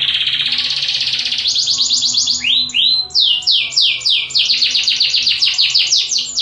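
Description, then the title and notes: Atlantic Canary song opening with a buzzy roll, then a fast series of downslurred high notes repeated several per second. Domestic canary master song used for training other canaries. "Suara Burung Kenari Masteran. master suara burung kenari mantap"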